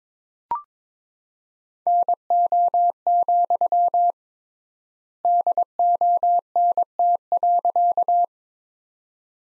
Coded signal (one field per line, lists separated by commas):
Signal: Morse code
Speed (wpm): 22 wpm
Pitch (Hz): 700 Hz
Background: none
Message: NO, DONT.